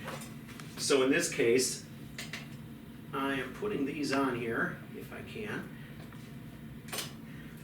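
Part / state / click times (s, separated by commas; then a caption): footrest into wheelchair frame / not seated / none. A staff member fits a metal footrest onto a wheelchair frame while someone talks, with brief metallic knocks and clatter from the handling around 0.6, 2.2, 2.3, 6.1 and 6.9 seconds. The footrest has not locked into place yet.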